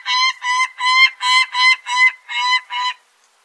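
Peregrine falcon cackling: grating, repeated 'kek' notes in an even series about three a second, stopping abruptly near the end.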